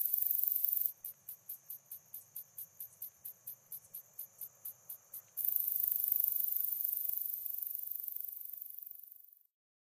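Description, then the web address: Slender meadow katydid song: a brief high buzz, then very high, rapid ticking pulses about three a second for four and a half seconds, then a continuous high, hissing buzz that slowly fades. North America. "Songs of Insects. Slender Meadow Katydid"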